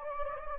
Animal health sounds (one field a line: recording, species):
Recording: mosquito wingbeat signal from an infrared sensor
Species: Anopheles gambiae